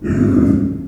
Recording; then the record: squeal of a Yucatan mini pig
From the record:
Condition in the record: after surgery on the right vocal fold (resection and tissue-engineered implant); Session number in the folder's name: 7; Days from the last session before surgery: 47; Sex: female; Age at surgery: 19 weeks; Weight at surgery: 25 kg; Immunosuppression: prednisolone